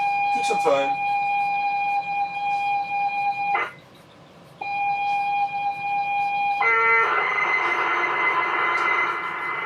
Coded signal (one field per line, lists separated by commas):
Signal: ZX Spectrum tape loading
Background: speech